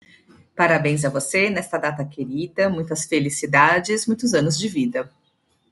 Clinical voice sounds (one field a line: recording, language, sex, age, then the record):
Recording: short text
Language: Brazilian Portuguese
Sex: female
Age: 30 to 39 years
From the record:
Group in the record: control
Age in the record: 39 years